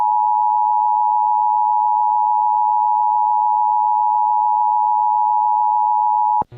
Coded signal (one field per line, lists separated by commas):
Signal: Emergency Alert System (SAME) tones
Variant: 853 and 960 Hz attention tone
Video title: Severe Thunderstorm Warning (4/17/26) [EAS #384]